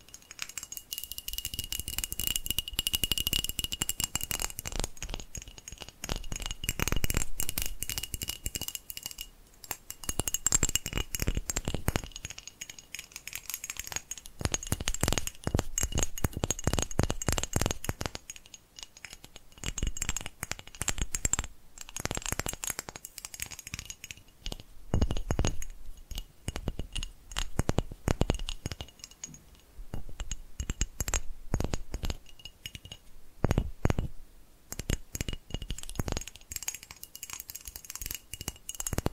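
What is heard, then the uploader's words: Quick tapping and rattling runs through the whole recording, dense bursts of sharp clicks with brief pauses around 5, 18 and 30 seconds. The taps are crisp, with a glassy, clinking edge, and a faint high tone hangs steadily underneath. ASMR Tapping Different Areas of Your Brain 3D Panning Triggers (No Talking).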